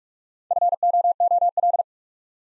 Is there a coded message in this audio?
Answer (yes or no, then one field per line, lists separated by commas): yes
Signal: Morse code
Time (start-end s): 0.5-1.8 s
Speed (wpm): 44 wpm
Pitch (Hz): 700 Hz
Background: none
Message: FOOL